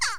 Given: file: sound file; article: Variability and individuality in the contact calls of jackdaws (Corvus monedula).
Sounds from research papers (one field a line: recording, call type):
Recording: jackdaw call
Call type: harmonic